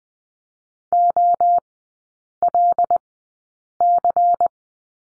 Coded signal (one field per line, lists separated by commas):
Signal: Morse code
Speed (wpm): 20 wpm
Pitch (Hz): 700 Hz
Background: none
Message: OLC